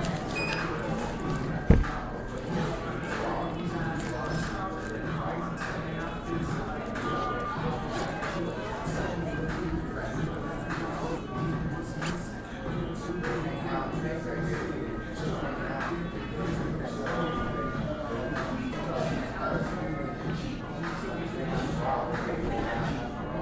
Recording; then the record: background sound without coughing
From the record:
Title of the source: 60 minutes of coffee shop sounds for study and concentration